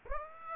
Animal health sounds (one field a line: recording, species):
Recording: mosquito wingbeat signal from an infrared sensor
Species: Aedes aegypti